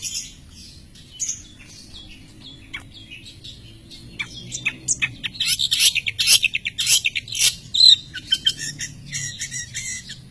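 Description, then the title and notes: Long-tailed shrike song, quiet at first, then a fast series of sharp, scratchy chirps and harsh bursts building up in the second half. Champion (juara) long-tailed shrike, song. "Kicau Burung Cendet Juara. Audio Kicauan Burung Cendet Juara Terlengkap"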